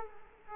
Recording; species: mosquito wingbeat signal from an infrared sensor; Culex quinquefasciatus